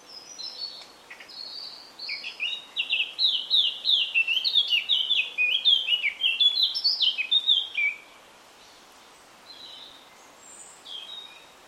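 Eurasian Blackcap song: a fast run of varied, slurred warbling notes lasting several seconds. It closes into quiet, with a few faint high notes following later.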